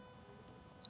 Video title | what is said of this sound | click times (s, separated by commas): Best Method to convert SMG to MANUAL in the E46 M3 | so you get the wire and you're really just going to push it in until it clicks in place | 0.9 s